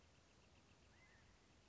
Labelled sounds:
California Quail (Callipepla californica)
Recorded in Sonoma County, California

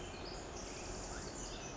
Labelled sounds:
Pacific Wren (Troglodytes pacificus)
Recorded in Sonoma County, California

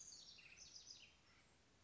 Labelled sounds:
House Wren (Troglodytes aedon)
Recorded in Sonoma County, California

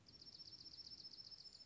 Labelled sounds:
Dark-eyed Junco (Junco hyemalis)
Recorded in Sonoma County, California

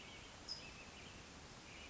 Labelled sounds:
California Towhee (Melozone crissalis)
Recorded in Sonoma County, California

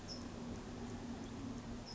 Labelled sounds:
California Towhee (Melozone crissalis)
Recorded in Sonoma County, California

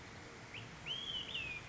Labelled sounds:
Olive-sided Flycatcher (Contopus cooperi)
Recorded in Sonoma County, California

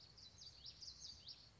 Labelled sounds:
Common Yellowthroat (Geothlypis trichas)
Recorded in Sonoma County, California

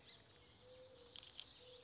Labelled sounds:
Mourning Dove (Zenaida macroura)
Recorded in Sonoma County, California

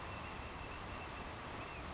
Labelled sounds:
Savannah Sparrow (Passerculus sandwichensis)
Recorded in Sonoma County, California

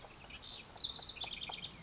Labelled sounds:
House Wren (Troglodytes aedon)
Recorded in Sonoma County, California

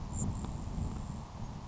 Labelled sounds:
Grasshopper Sparrow (Ammodramus savannarum)
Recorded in Sonoma County, California

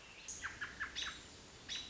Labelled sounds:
American Robin (Turdus migratorius)
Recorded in Sonoma County, California

